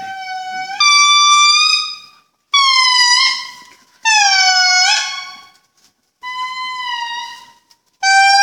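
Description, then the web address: Indri song in a run of loud, sustained wails, some stepping up or sliding down in pitch, coming in quick succession with brief gaps between them. Recorded in Andasibe, Madagascar, in 2013. "madagascar andasibe 2013 Calling of the Indri"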